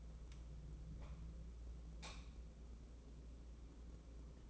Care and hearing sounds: daily activity, microphone in the room; light on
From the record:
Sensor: 1

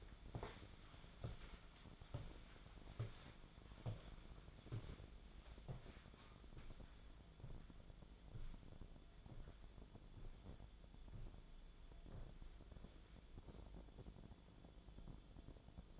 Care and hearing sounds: daily activity, microphone in the room; walk to room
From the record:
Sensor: 5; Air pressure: 1010.1 hPa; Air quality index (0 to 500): 143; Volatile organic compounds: 3 ppm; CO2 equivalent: 1398 ppm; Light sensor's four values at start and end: 281/676/291/323 and 268/670/280/305

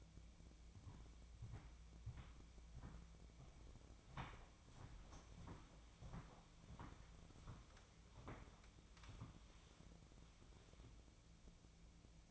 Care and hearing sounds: daily activity, microphone in the room; walk to room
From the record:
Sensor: 1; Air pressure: 1000.0 hPa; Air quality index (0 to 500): 130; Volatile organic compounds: 2 ppm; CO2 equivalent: 1238 ppm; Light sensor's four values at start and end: 38/95/40/50 and 39/98/41/51

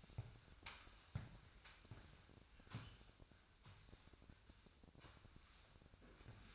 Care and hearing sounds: daily activity, microphone in the room; sweep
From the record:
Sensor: 2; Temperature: 24.9 degrees Celsius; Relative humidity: 39.7%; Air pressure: 1001.5 hPa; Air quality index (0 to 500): 227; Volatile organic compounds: 26 ppm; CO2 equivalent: 2852 ppm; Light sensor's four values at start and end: 8/25/10/9 and 8/26/10/10

